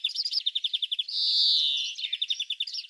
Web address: Carduelis chloris